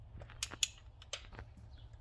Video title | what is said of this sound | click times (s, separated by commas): Dodge challenger R/T 5,7 hemi - on change les 16 bougies !! | là vous prenez votre clé dynamométrique et on vient serrer à 17 newtons mètres une fois que votre clé claque ou | 0.4 s, 0.6 s